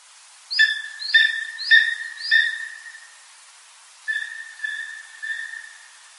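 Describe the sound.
Bird calls: four steady, whistled notes with a sharp upper onset, followed after a pause by three softer, similar notes, all evenly spaced.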